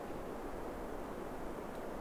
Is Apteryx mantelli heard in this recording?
no